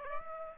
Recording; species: mosquito wingbeat signal from an infrared sensor; Aedes aegypti